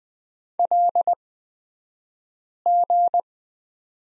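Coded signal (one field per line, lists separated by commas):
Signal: Morse code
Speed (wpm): 20 wpm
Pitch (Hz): 700 Hz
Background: none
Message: LG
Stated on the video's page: Morse code course lesson on the letter Q at Farnsworth speed of 20/10 wpm.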